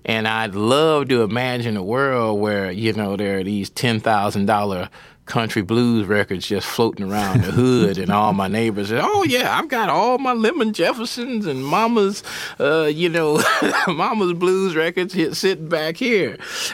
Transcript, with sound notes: And I'd love to imagine a world where, you know, there are these $10,000 country blues records just floating around the hood...
(Laughter).
And all my neighbors - oh, yeah, I've got all my Lemon Jeffersons and, you know, Mama's blues records sitting back here.